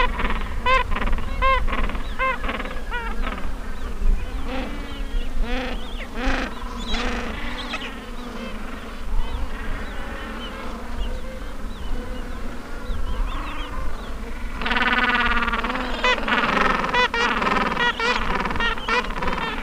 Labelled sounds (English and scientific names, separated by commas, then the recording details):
Gentoo Penguin (Pygoscelis papua)
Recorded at the colony at Sea Lion Island, on 19 December 2014
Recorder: Song Meter SM2+